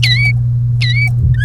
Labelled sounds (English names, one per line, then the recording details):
Domestic Canary song
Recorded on 30 April 2018 at 15:48
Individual llb3